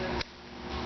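The last bottom corner connector, a corner piece without an eyebolt, is worked into the bottom of a Brunswick three-sided display frame hoisted from the ceiling, over a steady broadband background. A single sharp snap is heard at 0.2 s, then the sound drops back to the quieter background. The connector is clicked into place and seated.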